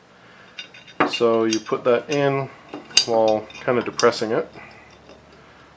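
A trigger guard plate is being fitted into an aluminum AR lower receiver while its small spring detent is held pressed down, producing brief metallic handling taps near 0.6 and 0.75 seconds. Someone talks over the work. The guard has not yet slid home, and nothing has seated or clicked into place.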